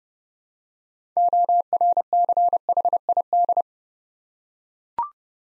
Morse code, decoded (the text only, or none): ORCHID